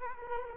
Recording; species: mosquito wingbeat signal from an infrared sensor; Culex quinquefasciatus